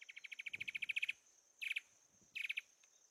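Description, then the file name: Sincora antwren singing a fast, even string of clear notes that builds and stops, followed by two short rapid bursts, with a constant high-pitched insect drone behind. "canto do papa formiga do sincora"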